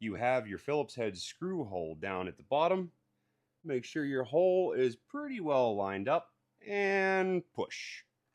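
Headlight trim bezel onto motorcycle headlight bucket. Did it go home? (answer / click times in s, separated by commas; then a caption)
no / none. A chrome beauty bezel for a Harley-Davidson motorcycle headlight with a Hogworkz Halomaker LED upgrade is being fitted onto the headlight bucket with its Phillips head screw hole lined up at the bottom. A man talks throughout, with short pauses between phrases. Nothing has seated or clicked yet.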